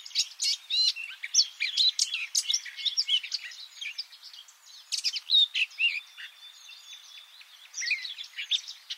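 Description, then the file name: Eurasian blackcap singing a rapid, jumbled warble of high chirps in bursts, with a brief pause midway before the chatter resumes. "Sylvia atricapilla"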